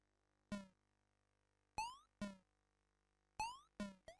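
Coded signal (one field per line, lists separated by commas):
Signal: none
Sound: game sound effects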